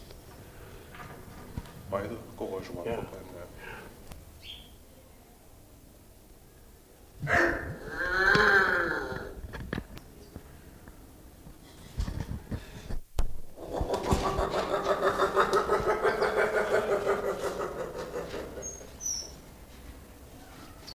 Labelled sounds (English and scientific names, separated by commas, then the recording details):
Palm-nut Vulture (Gypohierax angolensis) call
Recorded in captivity
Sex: female
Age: adult
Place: Zoo Berlin, Berlin, DE
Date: 2001-03-20 14:15
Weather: heiter - wolkig, 0 - 2°C
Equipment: Nagra SN, Kopie Uher 4000 Report Monitor
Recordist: Tembrock, Günter